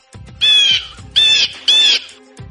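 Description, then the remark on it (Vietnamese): Three harsh, raspy squawks from a small bird, each about a third of a second long, loud and shrill with a buzzy upper edge, separated by short pauses and with no talking. “thẳng đến khi chim nhỏ nào đó vô cùng không vui mà kêu một tiếng.”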